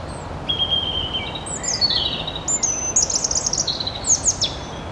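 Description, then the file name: European robin singing a varied phrase of thin sustained whistles that jump between pitches, ending in sharp high flourishes, with faint background hiss. "Erithacus rubecula"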